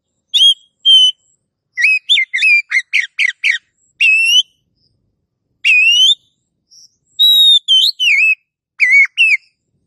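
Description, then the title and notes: Oriental magpie-robin song: varied whistled phrases, slurred and warbling notes, with a quick cluster of short chirps in the middle and pauses between phrases. Long-duration kacer song used to train cage birds. "Master Kacer Durasi Panjang. Suara Masteran Burung Kacer Durasi Panjang"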